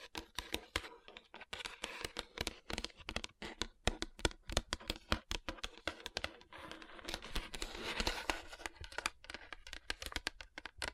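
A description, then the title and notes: Fingers tap and rub across rhinestone-covered palms in quick, irregular bursts of sharp, crisp clicks that continue throughout. The taps come densely, sometimes in rapid clusters, and a softer, scratchy rubbing swells between them, most noticeably from about seven to nine seconds. Tapping & Rubbing Rhinestone Covered Palms.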